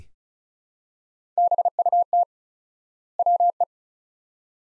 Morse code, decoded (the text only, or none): BUT WE